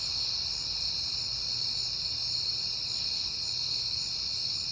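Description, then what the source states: Shrill, steady cricket chirping from many insects at once, with a gentle low hum beneath. Crickets on a peaceful night in September.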